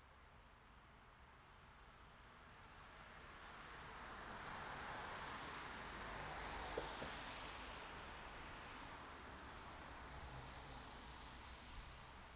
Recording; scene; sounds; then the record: everyday scene through a hearing-aid microphone; in traffic; traffic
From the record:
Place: city secondary road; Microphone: in the ear canal, left